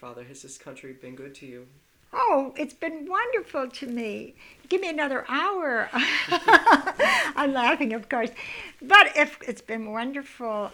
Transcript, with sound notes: Has this country been good to you?
Oh, it's been wonderful to me. Give me another hour. ( she laughs ) I'm laughing, of course. But, it's been wonderful.